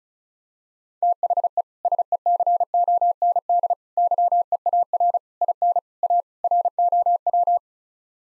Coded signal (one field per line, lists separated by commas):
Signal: Morse code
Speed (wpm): 36 wpm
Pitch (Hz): 700 Hz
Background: none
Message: THE SECOND YEAR IN A ROW